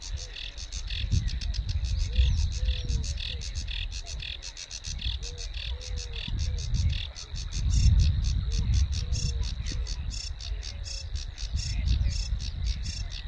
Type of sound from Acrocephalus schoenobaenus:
song